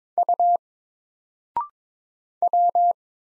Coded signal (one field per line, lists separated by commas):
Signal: Morse code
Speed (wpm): 22 wpm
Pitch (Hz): 700 Hz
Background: none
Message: U W